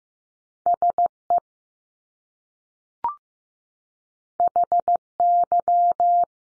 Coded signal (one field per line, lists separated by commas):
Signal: Morse code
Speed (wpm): 15 wpm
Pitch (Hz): 700 Hz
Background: none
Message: S EH Y